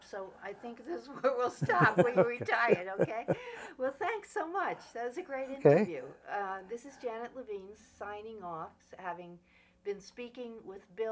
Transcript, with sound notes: So I think this is where we'll stop, [chuckles] where you retired. Okay? [laughs] Well, thanks so much. That was a great interview.
Okay.
This is Janet Levine signing off, having been speaking with Bill